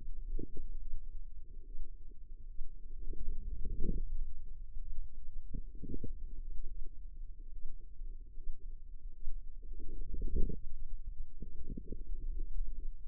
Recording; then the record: forearm muscle sounds (acoustic myography)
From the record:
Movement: wrist flexion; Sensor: system 2, bracelet of six BSWA MPA416 microphones around the upper forearm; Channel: 2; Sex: female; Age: 25 years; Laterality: right